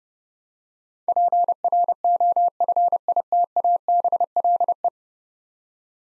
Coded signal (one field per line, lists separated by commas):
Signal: Morse code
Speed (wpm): 30 wpm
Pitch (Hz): 700 Hz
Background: none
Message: PROFITABLE